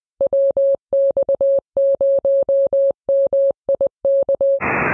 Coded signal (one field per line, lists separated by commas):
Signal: Morse code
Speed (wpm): 20 wpm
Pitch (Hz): 550 Hz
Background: none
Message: WX0MIK